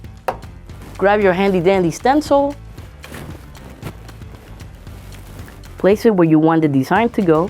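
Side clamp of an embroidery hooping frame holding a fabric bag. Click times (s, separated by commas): 0.3 s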